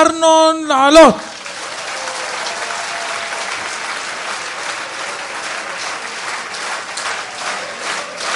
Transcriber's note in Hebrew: מחיאות כפיים